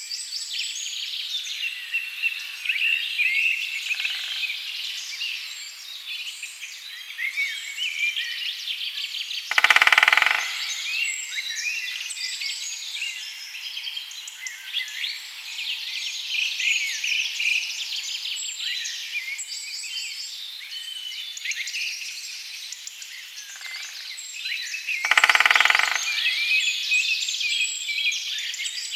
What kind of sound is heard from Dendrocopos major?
drumming